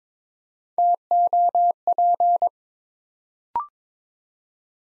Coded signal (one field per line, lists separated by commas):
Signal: Morse code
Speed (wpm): 22 wpm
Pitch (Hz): 700 Hz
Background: none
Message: TOP